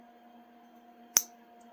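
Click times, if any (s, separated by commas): 1.2 s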